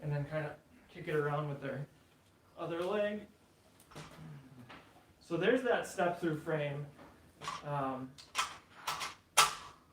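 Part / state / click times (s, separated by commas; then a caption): folding e-bike frame halves latching together when folded / seated / 8.9 s. Someone talks while folding a Lectric XP 2.0 folding e-bike's metal step-through frame at the center hinge, bringing the two halves together. A single sharp hit at 8.9 s is the frame halves snapping into place, seated.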